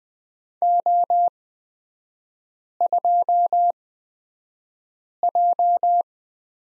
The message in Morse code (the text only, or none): O2J